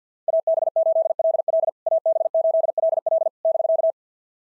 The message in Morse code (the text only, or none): AB8LL AB8LL <BK>